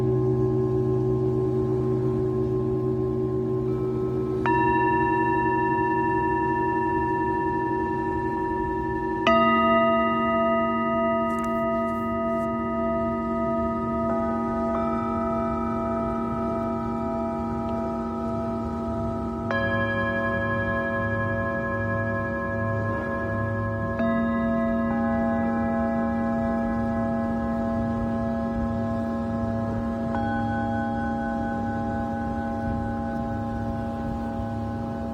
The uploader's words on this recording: Tibetan Singing Bowl のサウンドヒーリングLIVE.